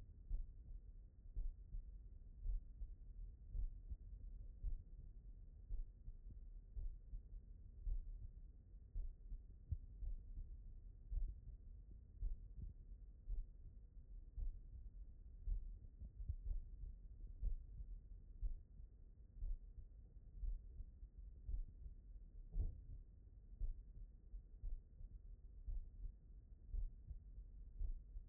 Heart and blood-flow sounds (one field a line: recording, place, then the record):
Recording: heart sounds by stethoscope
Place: pulmonary valve (PV)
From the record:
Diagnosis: non-HFrEF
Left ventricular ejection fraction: 59%